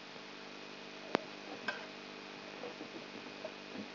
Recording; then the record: brain microelectrode recording played as sound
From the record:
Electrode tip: outside the subthalamic nucleus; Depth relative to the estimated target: -8 mm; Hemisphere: left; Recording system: AlphaMap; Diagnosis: Parkinson's disease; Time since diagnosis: 12 years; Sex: female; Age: 59 years